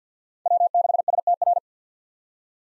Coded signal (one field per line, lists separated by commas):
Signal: Morse code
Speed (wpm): 48 wpm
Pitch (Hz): 700 Hz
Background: none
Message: W6STR